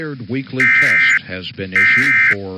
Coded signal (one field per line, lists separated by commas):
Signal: Emergency Alert System (SAME) tones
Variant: end-of-message bursts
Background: speech